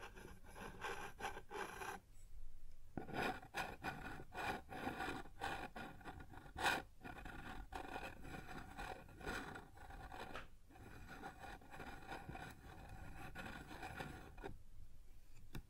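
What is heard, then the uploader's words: Scraping and rubbing on a wooden surface, a dense rasping texture with brief pauses near two and fifteen seconds and a sharper scrape around seven. ASMR Sounds on Wooden Surface (No Talking).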